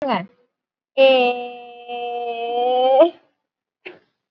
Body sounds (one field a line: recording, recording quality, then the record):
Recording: sustained vowel as in made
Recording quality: excellent, no background noise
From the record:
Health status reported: exposed to COVID-19, no respiratory illness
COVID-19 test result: negative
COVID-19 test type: RT-PCR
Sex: female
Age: 23 years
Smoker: no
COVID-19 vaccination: one dose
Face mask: worn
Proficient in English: yes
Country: India